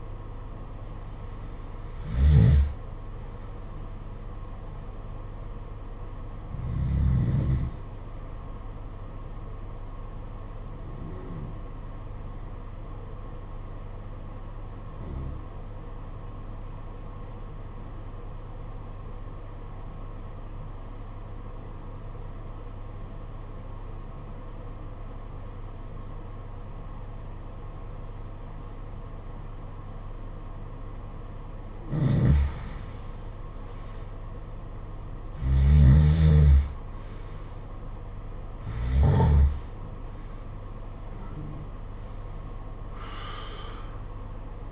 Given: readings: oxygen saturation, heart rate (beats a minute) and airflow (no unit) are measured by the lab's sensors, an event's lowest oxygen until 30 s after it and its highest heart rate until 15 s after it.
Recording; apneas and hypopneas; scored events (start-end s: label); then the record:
breathing in sleep by a smartphone at the bedside; 1
16.00-33.40 s: obstructive apnea (N2, oxygen 95% highest, then 87% lowest, heart rate 50 at the start, 65 highest)
From the record:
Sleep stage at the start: N2 (light sleep); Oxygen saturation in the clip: 89 to 95%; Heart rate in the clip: 50 to 67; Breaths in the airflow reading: 7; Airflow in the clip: -13.9 to 11.3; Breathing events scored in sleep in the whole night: 476 in 9.7 hours asleep